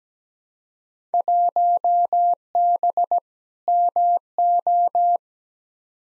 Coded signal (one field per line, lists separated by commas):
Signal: Morse code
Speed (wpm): 17 wpm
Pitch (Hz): 700 Hz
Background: none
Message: 1B MO